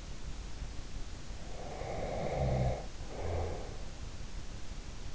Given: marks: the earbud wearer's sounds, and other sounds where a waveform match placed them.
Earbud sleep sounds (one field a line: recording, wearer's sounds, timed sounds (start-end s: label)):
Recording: sounds in sleep by an in-ear microphone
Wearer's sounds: breath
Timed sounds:
1.45-3.85 s: breath